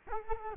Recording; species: mosquito wingbeat signal from an infrared sensor; Culex quinquefasciatus